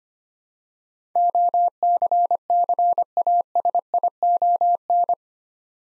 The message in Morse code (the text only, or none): OCCASION